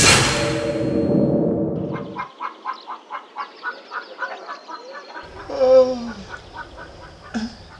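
A loud whooshing swell fades, then a hen clucks in a quick, evenly spaced run of about ten clucks, ending in a louder, drawn-out squawk and one last short cluck.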